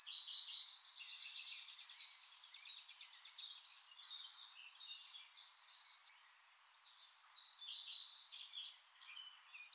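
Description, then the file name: Eurasian blackcap song with a run of rapid repeated chirps, then looser warbling phrases, heard through constant hiss. "Sylvia atricapilla"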